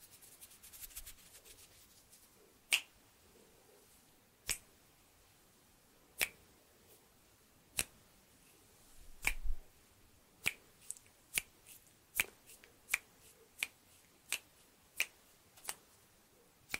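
Sharp finger snaps ring out one at a time, sparse at first and then quickening to a steady, regular pace after about ten seconds. The opening seconds hold a soft, busy fluttering of fingers, and a brief rustle sits in the middle.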